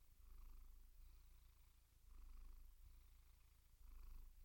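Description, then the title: Domestic cat purring, a steady low rumble swelling and fading with each breath, roughly every one and a half to two seconds. Gentle, rhythmic purring. "Relaxing Cat Meow Sounds"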